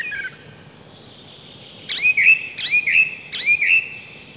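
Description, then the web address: Song thrush singing: a brief slurred whistle, a pause, then a bright whistled phrase repeated three times in quick succession, with a faint steady hiss behind. Spring. "vremena vesna 03 drozd pevchi"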